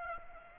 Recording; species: mosquito wingbeat signal from an infrared sensor; Aedes aegypti